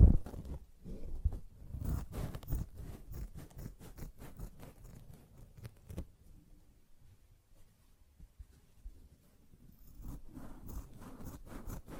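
A sponge is scratched and rubbed in quick, dense, rasping strokes for the first six seconds. A quieter stretch follows with only faint low rustles and a few soft ticks, then the scratchy brushing returns more lightly near the end.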